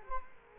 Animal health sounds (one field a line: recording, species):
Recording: mosquito wingbeat signal from an infrared sensor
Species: Culex quinquefasciatus